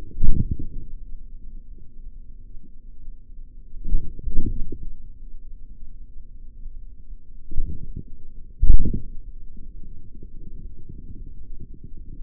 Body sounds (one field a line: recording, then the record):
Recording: forearm muscle sounds (acoustic myography)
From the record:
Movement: forearm supination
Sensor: system 3, bracelet of six PUI Audio POM-2738L microphones around the upper forearm, with dedicated amplification and filtering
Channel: 6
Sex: male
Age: 56 years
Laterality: right